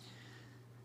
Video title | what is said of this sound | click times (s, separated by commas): Building Bricks from the Other Side – Podcast 12 – Orc Tower – Complete Build | again it's not seated right there | none